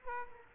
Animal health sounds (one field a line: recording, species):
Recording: mosquito wingbeat signal from an infrared sensor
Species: Aedes aegypti